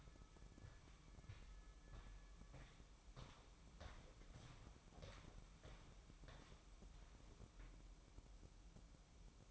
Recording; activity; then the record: daily activity, microphone in the room; walk to room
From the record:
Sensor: 1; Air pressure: 1008.2 hPa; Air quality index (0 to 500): 138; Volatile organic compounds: 2 ppm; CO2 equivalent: 1162 ppm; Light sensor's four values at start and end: 11/26/10/11 and 11/26/11/12